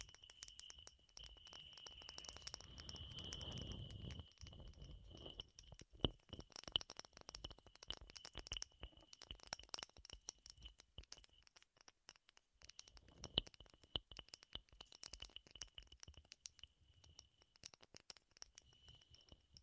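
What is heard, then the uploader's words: Wood triggers of quick tapping and scratching clicks, denser and rougher in the first few seconds, over a faint steady high whine throughout. ASMR Wood Triggers in Your Ears (No Talking).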